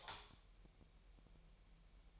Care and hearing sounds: daily activity, microphone in the room; light off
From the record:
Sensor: 1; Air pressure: 1002.0 hPa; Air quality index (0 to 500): 247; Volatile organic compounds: 51 ppm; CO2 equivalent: 3311 ppm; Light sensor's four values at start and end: 9/27/10/12 and 5/11/4/5

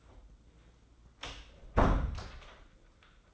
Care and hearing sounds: daily activity, microphone in the room; close door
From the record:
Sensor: 3

